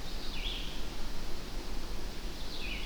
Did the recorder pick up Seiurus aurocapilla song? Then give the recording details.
no. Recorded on 25 June 2016 at 08:55. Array SBT-6-76